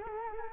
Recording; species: mosquito wingbeat signal from an infrared sensor; Culex quinquefasciatus